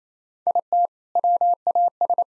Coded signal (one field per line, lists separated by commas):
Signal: Morse code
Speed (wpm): 28 wpm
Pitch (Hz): 700 Hz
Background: none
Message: IT WAS